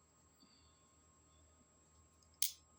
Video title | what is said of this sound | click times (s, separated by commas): Coast multitool made in USA | listen to that snap | 2.4 s